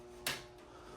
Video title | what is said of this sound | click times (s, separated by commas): Classic Train Battery Operated Train Set | See, this is probably, yeah, see, that snaps into place really easily. | 0.3 s